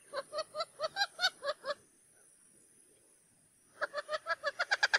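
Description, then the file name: Wattled jacana calling in a series of raspy clucking notes, a pause of about two seconds, then a faster, louder run of notes. "CANTO-DO-JAÇANÂ-Jacana-jacana-Wattled-Jacana"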